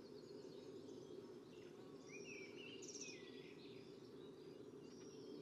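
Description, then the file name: Common chaffinch song, one bright falling trill of quick notes ending in a short flourish, over a low steady rumble and other faint birds. "Fringilla coelebs"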